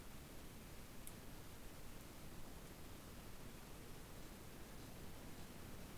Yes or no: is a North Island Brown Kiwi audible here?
no